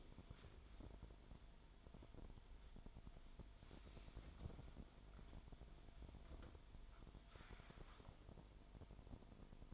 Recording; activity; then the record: daily activity, microphone in the room; wipe stove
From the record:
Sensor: 5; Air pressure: 1003.3 hPa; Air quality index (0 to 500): 141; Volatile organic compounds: 2 ppm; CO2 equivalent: 1027 ppm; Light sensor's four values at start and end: 38/86/38/44 and 40/89/39/45